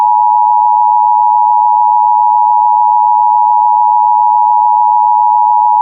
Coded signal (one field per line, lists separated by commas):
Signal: Emergency Alert System (SAME) tones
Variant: 853 and 960 Hz attention tone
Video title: Severe Thunderstorm Watch 440 (2025) EAS (Cox) 6/18/2025